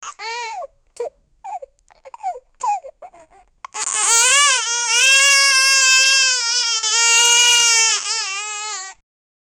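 Short fussing whimpers for the first few seconds build into one long, high-pitched wail lasting about five seconds, clear and tonal with a rising and falling pitch. This is an ordinary infant cry.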